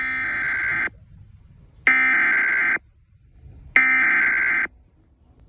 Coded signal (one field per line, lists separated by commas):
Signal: Emergency Alert System (SAME) tones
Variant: header bursts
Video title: SVR on WBKR (EAS #68)